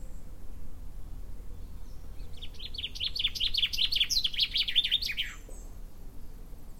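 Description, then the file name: Common chaffinch song: a bright run of notes ending in a quick descending flourish, over a low background rumble. "Fringilla coelebs"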